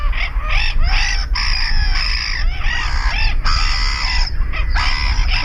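Black-headed Gull calls: harsh, grating screeches repeated in quick succession, some slightly drawn out.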